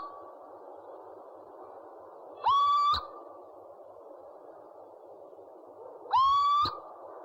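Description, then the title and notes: An owl gives two brief upslurred whistles with layered overtones, a few seconds apart, against constant background hiss. Part of a compilation of 69 call variants from 11 owl species. "Sovy - Eulen - Owls. 69 variant hlasů - 11 druhů sov"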